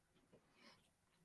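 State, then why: Not seated. A plastic Gunpla model kit part, which keeps sliding up, is pressed by hand toward its mating socket. Only quiet, breathy handling and rubbing noises are heard, with soft swells around 0.3 and 0.7 seconds. Nothing has seated or clicked yet.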